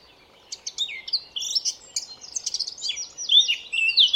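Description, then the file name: Eurasian blackcap song after a short silence: scratchy chattering notes that run into clear whistled slurs. "Sylvia atricapilla"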